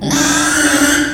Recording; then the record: squeal of a Yucatan mini pig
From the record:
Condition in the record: after surgery on the right vocal fold (resection and tissue-engineered implant); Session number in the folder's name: 3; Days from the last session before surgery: 33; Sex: male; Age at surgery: 12 weeks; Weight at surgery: 13 kg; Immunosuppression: cyclosporine, prednisolone